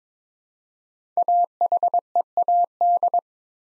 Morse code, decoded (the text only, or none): AHEAD